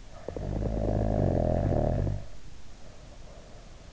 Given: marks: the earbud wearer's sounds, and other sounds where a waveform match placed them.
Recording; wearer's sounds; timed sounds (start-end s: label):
sounds in sleep by an in-ear microphone; snoring breath
0.00-3.69 s: snoring breath